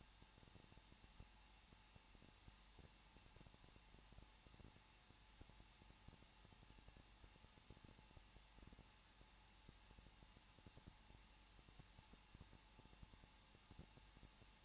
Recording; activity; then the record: daily activity, microphone in the room; no activity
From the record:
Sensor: 1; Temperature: 20.1 degrees Celsius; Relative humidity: 39.2%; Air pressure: 1006.3 hPa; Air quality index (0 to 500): 217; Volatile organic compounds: 77 ppm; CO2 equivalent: 3582 ppm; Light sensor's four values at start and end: 1/2/1/1 and 1/2/1/1